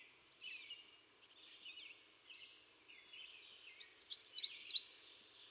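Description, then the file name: American redstart song: soft, scattered notes at first, then a loud, rapid series of high, sharply zigzagging notes near the end. "Setophaga ruticilla - American Redstart"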